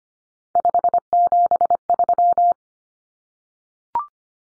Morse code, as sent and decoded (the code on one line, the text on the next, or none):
..... --... ...--
573